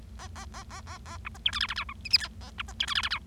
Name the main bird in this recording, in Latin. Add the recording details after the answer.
Lonchura striata domestica. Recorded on 25 March 2012 at 17:34. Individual gy6or6